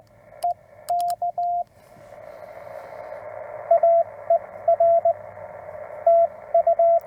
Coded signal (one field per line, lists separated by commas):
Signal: Morse code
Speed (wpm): 20 wpm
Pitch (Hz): 680 Hz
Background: radio noise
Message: EK AER TU